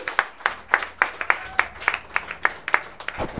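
Applause of steady, evenly spaced claps, about a dozen sharp bright smacks at a brisk regular rhythm, fairly loud, with no voices over them.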